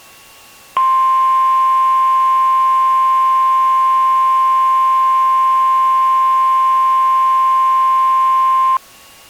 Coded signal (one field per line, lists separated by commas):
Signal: Emergency Alert System (SAME) tones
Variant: 1050 Hz attention tone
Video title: The Destructive SVR Event of 10/23/2023 of Western Illinois (EAS Mini Mock #17)